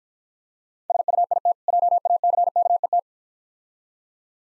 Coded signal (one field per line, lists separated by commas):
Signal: Morse code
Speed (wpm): 49 wpm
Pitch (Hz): 700 Hz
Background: none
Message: SUIT JACKET